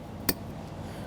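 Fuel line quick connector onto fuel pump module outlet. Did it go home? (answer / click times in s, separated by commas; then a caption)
yes / 0.3 s. A fuel line quick-connect fitting on a 2009–2014 Nissan Maxima 3.5L V6 is aligned by its locking tabs and pressed onto the plastic line nipple at the fuel pump module outlet. It gives one short, sharp click at 0.3 s against quiet background noise, and the connector is seated.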